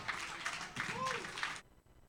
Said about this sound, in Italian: Lui era Limbo Precario, ancora un applauso per lui.